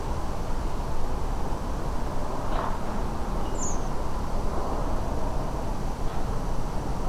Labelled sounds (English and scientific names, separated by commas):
Redwing (Turdus iliacus)